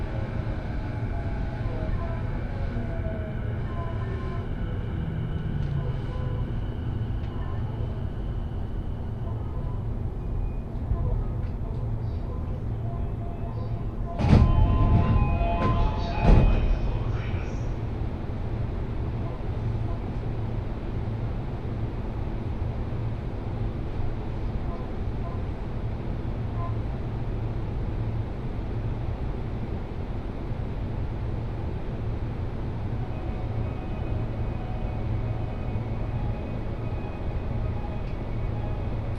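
Inside a Joban Line local train running from Kita-Senju toward Abiko, a steady low rumble of the moving carriage fills the whole recording. Faint voices and tonal whines drift through the first half, and a loud burst of clattering noise stands out around 14 to 17 seconds.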